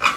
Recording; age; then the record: pig call; piglet (1 to 25 days)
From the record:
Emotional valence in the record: positive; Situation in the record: before nursing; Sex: female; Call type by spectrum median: low-frequency call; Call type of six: low-frequency tonal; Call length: 0.18 s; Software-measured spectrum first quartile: 1205 Hz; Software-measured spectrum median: 1822 Hz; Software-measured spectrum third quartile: 2707 Hz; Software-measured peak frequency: 1156 Hz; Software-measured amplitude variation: 156 dB a second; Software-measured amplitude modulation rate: 8.5 a second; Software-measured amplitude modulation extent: 18.4 dB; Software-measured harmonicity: 3.8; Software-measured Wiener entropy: -1.30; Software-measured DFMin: 690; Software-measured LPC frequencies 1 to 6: 1213, 2391, 3536, 4964, 5833, 7056 Hz